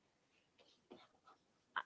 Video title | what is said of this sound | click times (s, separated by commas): THE ALLBRANDS SHOW - ScanNCut Luminaire Talk with Cindy Hogan | Push your foot down, and it'll snap right into place. | 1.8 s